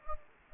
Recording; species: mosquito wingbeat signal from an infrared sensor; Anopheles gambiae